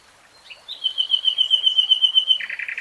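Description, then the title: Nightingale holding one long, pure, steady whistle for over a second before switching abruptly to a quick series of buzzy repeated notes. Nightingale singing, recorded in real time. "[Tiếng chim hót] REALTIME Nightingale Singing"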